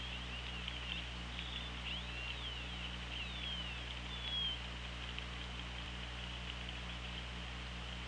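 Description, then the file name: Orca whistles, several thin rising and falling sweeps over a few seconds, set against steady underwater hiss and a low constant hum. Recorded on an OrcaLab hydrophone underwater, 24 August 2017 at 16:05. "Orca Lab UTLN JASON 20170824 160544"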